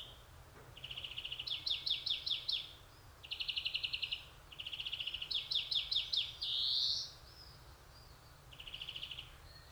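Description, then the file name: European greenfinch delivering several rippling trills, then a buzzy upslurred wheeze, and a last softer trill after a pause. "Chloris chloris"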